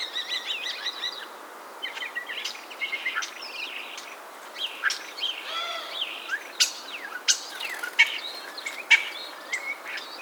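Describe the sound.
Common starling song with dry clicks, snapping notes and a short rattling run, scattered irregularly over a hissy background.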